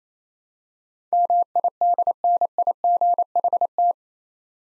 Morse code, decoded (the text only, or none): MIDNIGHT